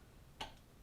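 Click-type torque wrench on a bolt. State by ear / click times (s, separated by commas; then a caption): torque reached / 0.4 s. A click-type torque wrench set to 18 ft-lb is slowly loaded on a bolt until its handle breaks over at the set torque. After quiet background, a single sharp click is heard at 0.4 s, then fades. The wrench is confirmed to have reached its set torque.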